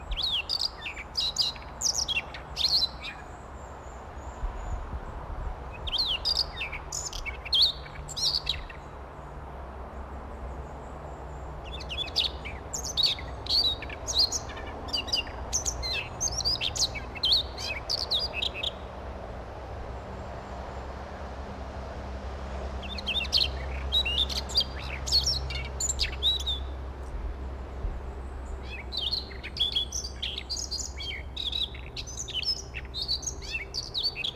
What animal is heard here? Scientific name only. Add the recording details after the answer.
Luscinia calliope. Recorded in the wild. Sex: male. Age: adult. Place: Paratunka, Kamtschatka, RU. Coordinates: 53.5667, 158.417. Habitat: scrubland. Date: 1999-06-13 18:33. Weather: overcast, ca. 13°C. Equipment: Sony WM-D6C, Sennheiser ME 80, K 30 AV Schalter I, Kopie Sony TCD-D8. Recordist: Frommolt, Karl-Heinz. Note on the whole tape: Buschbestand am Pionierlager: Gesang. Singt in einer Weide. Entfernung 5 m. Straßenlärm